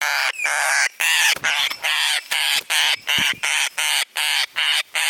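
Parrot giving harsh, raspy squawks in rapid succession, roughly two or three a second, with brief gaps between the grating bursts.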